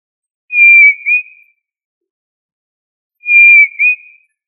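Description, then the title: Tinamou giving two pure whistled notes about three seconds apart, each steady then bending down and flicking up at the end, with nothing else audible. "Familia Tinamidae"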